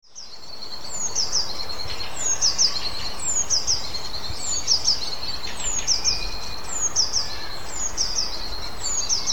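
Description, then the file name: Eurasian blue tit, high, thin, descending double notes repeated roughly every second, over a constant background roar. "Cyanistes caeruleus"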